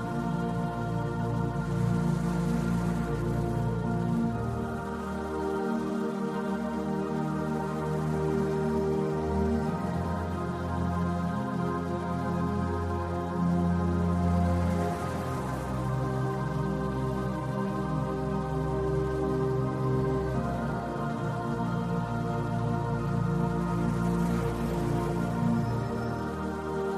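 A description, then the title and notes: A light, soothing music track of soft, sustained tones and warm low notes holds a steady, even level throughout. Gentle ocean waves wash in behind it, swelling roughly every ten to twelve seconds, near the start, the middle and the end. Light and soothing music track, with the sound of gentle ocean waves in the background.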